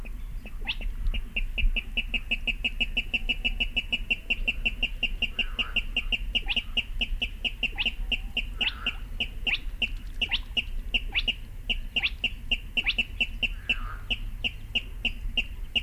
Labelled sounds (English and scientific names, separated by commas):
Spotted Crake (Porzana porzana)